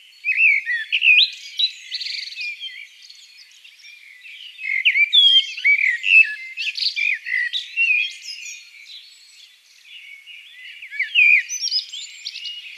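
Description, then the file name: Common blackbird song: warbled whistled phrases with squeaky high twitters, in bursts separated by quieter stretches of soft twittering. "Turdus merula"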